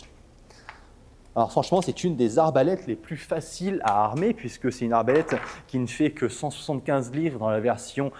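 A Hori-Zone Pegasus crossbow, 175 lb draw weight, is cocked with a foot in the stirrup and the safety set forward on red "Fire," drawing the string back until it latches into the trigger mechanism. A softer sound at 0.5 s is followed by a sharp, short hit at 0.7 s as the string catches and seats. Someone then talks.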